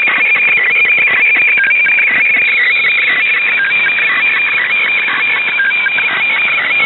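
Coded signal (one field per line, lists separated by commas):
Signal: weather fax (radiofax)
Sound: steady high warbling tone that flickers quickly lower, scratchy continuous chirping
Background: radio static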